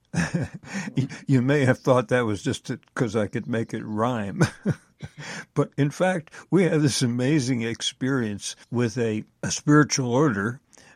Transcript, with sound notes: you may have thought that was just to, because I could make it rhyme, (laughs) but in fact, we had this amazing experience with a, a spiritual order,